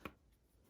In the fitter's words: You see the case and you just click your phone into place